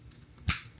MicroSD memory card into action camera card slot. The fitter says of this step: Just a little click, just like so.